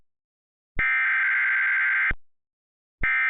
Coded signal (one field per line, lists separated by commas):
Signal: Emergency Alert System (SAME) tones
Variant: header bursts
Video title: EAS Mock: Tornado in the land of Corn